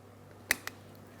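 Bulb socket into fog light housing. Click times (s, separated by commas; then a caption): 0.5 s. A fog light bulb socket on a 2008-2016 Chrysler Town & Country is aligned with its slots in the fog light assembly, pressed down and twisted into the fully locked position. A sharp click at 0.5 s is followed by a fainter tick at 0.7 s. The socket is seated and locked into the housing, confirmed by a light tug.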